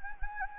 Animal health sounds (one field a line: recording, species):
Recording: mosquito wingbeat signal from an infrared sensor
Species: Anopheles gambiae